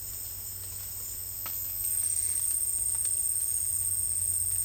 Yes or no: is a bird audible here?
no